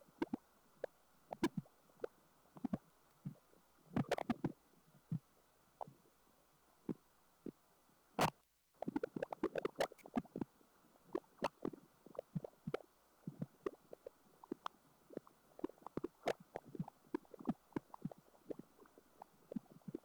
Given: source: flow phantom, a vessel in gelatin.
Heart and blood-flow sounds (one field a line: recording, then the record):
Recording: Doppler ultrasound of air bubbles in flowing water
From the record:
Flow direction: away from the transducer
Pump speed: 200 rpm (720 mL/min)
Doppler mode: pulsed wave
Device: 7 MHz transducer